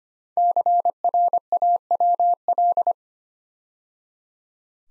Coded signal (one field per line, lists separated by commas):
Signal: Morse code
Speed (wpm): 25 wpm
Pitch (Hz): 700 Hz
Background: none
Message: CRAWL